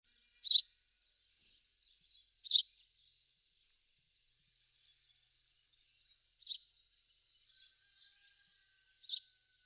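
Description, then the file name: House sparrow chirps, short bright notes repeated at uneven intervals of two to four seconds, with faint quieter twittering between them. "Passer domesticus"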